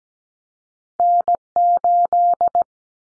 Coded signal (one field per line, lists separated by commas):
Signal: Morse code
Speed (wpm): 17 wpm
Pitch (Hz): 700 Hz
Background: none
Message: N8